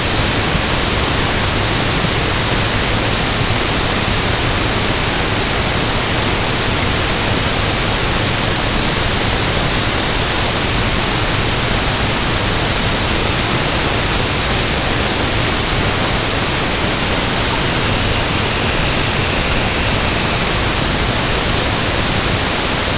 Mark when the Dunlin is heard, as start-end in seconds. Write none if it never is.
17.61-20.59